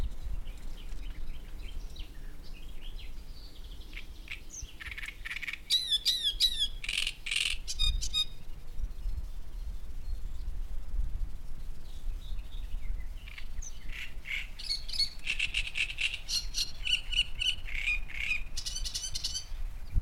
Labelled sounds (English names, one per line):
Great Reed Warbler